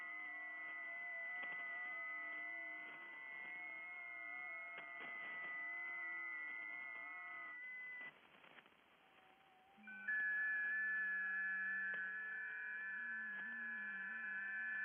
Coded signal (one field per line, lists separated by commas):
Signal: FT8